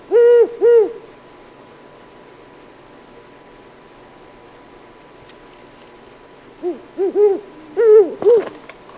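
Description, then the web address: Great horned owl giving paired deep hoots, then a long quiet pause before another run of low hoots, including a double note near the end. "Peterson North American Birds iso sound ghow"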